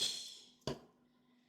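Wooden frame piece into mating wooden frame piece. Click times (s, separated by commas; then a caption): 0.7 s. After several failed tries, a wooden frame piece is pushed into its mating wooden frame piece, and they engage with a single sharp knock at 0.7 s. The pieces are seated and slotted together, and the joint is solid.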